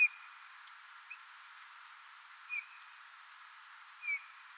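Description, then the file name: Eurasian bullfinch uttering a few faint, soft whistled notes, four in under five seconds, with light background hiss. "Pyrrhula pyrrhula"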